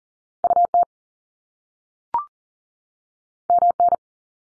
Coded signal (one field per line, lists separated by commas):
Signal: Morse code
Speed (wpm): 40 wpm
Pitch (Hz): 700 Hz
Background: none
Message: UT MN